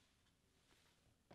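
A rechargeable battery pack is being slid along the guide rail into the battery bay of a Testo 340 handheld flue gas analyzer. Quiet, low handling noise and faint scraping run through the clip, with a brief louder rustle at the very end around 1.3 s. Nothing has seated or clicked into place yet.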